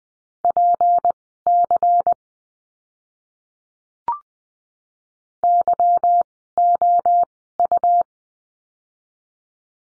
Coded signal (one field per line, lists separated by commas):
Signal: Morse code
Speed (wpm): 20 wpm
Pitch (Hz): 700 Hz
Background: none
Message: PC YOU